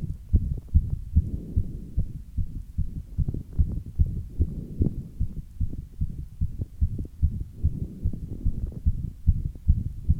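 Functional heart murmur in an adult female, heard through a stethoscope: repeated low-pitched heartbeats with a soft murmur between them.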